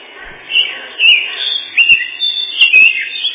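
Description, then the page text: Lesser whitethroat song: several short bursts of chattering, scratchy warbling notes with a dull, muffled quality. Song described as a set of twitterings, including a loud 'kle-kle-kle', ending in a dry, fast trill 'tiktiktiktik'. "Славка-завирушка, или славка-мельничек — Sylvia curruca"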